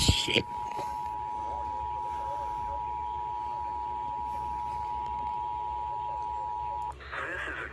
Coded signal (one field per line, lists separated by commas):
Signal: Emergency Alert System (SAME) tones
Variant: 853 and 960 Hz attention tone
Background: speech